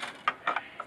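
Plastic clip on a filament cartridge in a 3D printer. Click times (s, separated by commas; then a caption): 0.3 s, 0.5 s. A plastic clip on the filament cartridge of an XYZprinting Da Vinci 3D printer is pushed into place until it clips on both sides. Sharp clicks are heard at 0.3 s and 0.5 s, with smaller snaps just after at about 0.6 s and 0.8 s. The clicks are the critical sign that the cartridge clip is seated.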